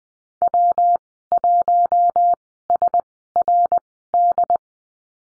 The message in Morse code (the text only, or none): W1SRD